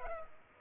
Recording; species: mosquito wingbeat signal from an infrared sensor; Culex pipiens